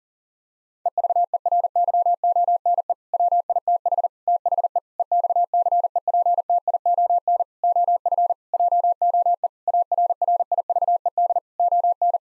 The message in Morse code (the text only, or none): EVERYONE WITH THE EXCEPTION OF JOE ARRIVED ON